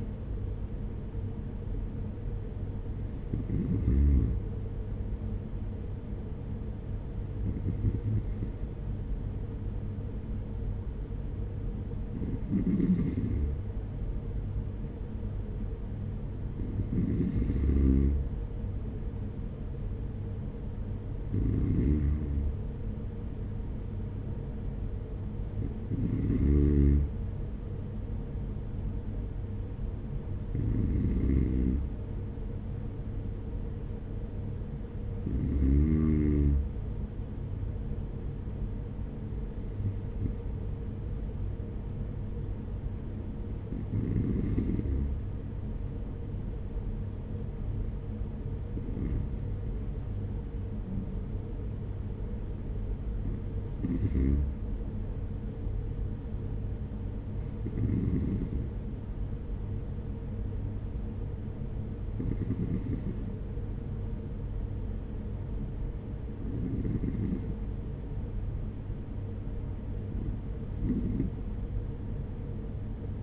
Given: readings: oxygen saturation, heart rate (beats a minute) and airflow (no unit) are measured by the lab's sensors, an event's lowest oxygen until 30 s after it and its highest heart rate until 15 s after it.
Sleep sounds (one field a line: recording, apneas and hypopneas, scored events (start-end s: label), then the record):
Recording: breathing in sleep by a smartphone at the bedside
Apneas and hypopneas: none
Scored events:
none scored
From the record:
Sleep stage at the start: N2 (light sleep)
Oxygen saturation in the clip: 92 to 94%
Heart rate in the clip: 47 to 51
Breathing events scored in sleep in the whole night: 210 in 6.9 hours asleep